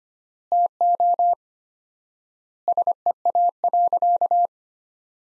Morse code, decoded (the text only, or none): TO SEA.